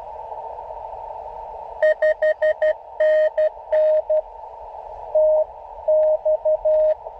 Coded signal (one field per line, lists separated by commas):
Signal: Morse code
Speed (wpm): 12 wpm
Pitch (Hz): 620 Hz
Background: radio noise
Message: 5NN TX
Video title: A quick CW Jeep POTA Activation on 17m - US-7882 Doerun Pitcherplant Bog WMA